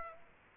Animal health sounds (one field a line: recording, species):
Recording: mosquito wingbeat signal from an infrared sensor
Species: Aedes aegypti